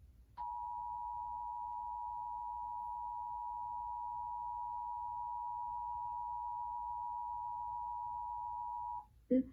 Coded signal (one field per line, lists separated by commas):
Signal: Emergency Alert System (SAME) tones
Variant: 853 and 960 Hz attention tone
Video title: EAS #1831 IL RMT on WMEU-CD 8-2-22